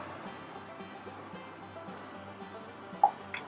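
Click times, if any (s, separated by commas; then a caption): 3.0 s. A metal canning lid on a glass jar of hot canned tomatoes, set out to cool, is pulled down by the vacuum and seals. Over a steady background with music-like tones, the lid gives a sharp pop at 3.0 s, followed by a smaller tap at 3.3 s. The lid has sealed.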